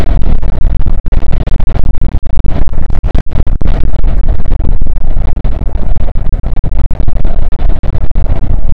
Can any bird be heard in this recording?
no